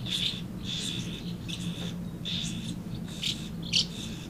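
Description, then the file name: Swallows twittering in short bright bursts with brief pauses between, over a steady low hum. Several swallows recorded at Amblagnieu on 2 July 2017 with an MZ-N710 recorder. "Hirondelles Amblagnieu"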